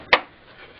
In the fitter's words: see that one is locked in place